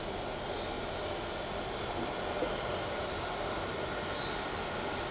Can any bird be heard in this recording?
no